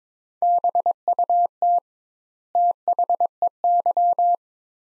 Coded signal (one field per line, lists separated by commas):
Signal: Morse code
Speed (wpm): 22 wpm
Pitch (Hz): 700 Hz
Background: none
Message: BUT THEY